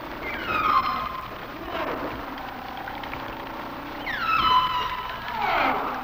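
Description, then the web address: Humpback whale song of high, harmonic descending whistles that slide down and level off, followed by lower moans, repeated twice over faint water noise. "Whale Songs Sounds of Nature - Humpback Whales"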